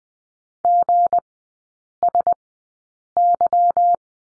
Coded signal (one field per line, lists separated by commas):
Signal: Morse code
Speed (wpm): 20 wpm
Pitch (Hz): 700 Hz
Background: none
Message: GSY